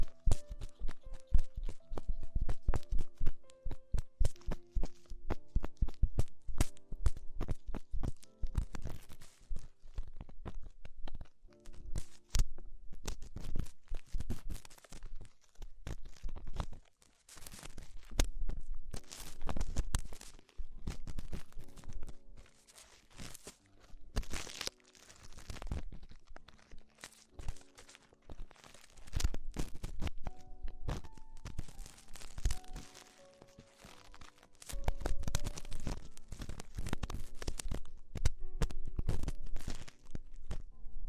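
Tingly ear exploration sounds: dense crinkling, crackling and scratchy rubbing with quick irregular taps, swelling in bursts and easing off briefly around 17 and 33 seconds. A soft, slow melody of sustained notes plays quietly underneath throughout.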